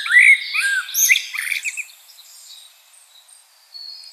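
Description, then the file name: Common blackbird song: a short fluted warble with a high squeaky flourish, trailing off into quiet for the last two seconds. "Turdus merula"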